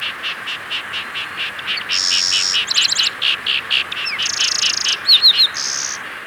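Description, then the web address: Grass wren singing a mix of dry buzzes, rapid rattling trills and thin falling notes, while a constant ticking insect-like chorus pulses beneath. Ecuador. "S America Birds of Ecuador. Grass Wren"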